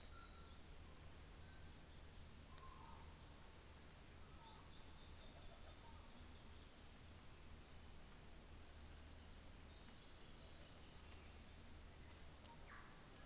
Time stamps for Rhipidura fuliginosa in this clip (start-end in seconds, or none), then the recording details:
11.59-13.18. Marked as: faintness 4/5. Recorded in New Zealand on 24 December 2018. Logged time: 11:00